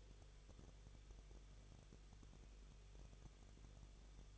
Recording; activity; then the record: daily activity, microphone in the room; no activity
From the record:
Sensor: 4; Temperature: 23.0 degrees Celsius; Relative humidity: 34.3%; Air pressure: 1007.3 hPa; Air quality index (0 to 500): 217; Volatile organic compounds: 15 ppm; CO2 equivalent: 2515 ppm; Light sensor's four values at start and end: 2/3/1/1 and 2/3/1/1